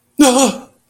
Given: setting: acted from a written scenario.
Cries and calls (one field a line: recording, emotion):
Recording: vocal sound without words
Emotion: fear